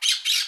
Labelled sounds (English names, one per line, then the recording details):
Brown-throated Parakeet contact call
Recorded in Aruba
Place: Cunucu Arikok, S side of Ceru Arikok
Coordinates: 12.502, -69.950